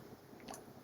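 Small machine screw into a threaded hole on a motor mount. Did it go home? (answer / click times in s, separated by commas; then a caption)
no / none. A small machine screw held on a screwdriver is turned backwards (anticlockwise) into a threaded hole on a robot motor mount. Faint scraping is heard, with a brief soft tick at 0.4 s. The thread has not dropped in or clicked yet because the screw is not straight.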